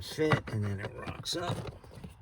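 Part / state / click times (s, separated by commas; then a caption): cabin filter access cover into the HVAC housing behind the glove box / not seated / none. Someone talks while handling the plastic cabin air filter access cover behind the glove box, fitting its bottom tabs first before rocking it up into the HVAC housing. No distinct click is heard, and nothing has seated or clicked yet.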